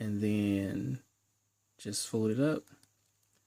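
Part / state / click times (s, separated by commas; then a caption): plastic transforming figure chest section into the torso / not seated / none. Someone talks while handling the plastic chest section of a transforming figure, folding it up to go into the torso. Speech fills roughly 0–1.0 s and 1.8–2.6 s, with faint handling noise after. Nothing has seated or popped together yet.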